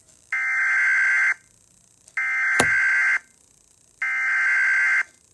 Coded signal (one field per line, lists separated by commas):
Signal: Emergency Alert System (SAME) tones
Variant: header bursts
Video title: Chicago #EAS (Late)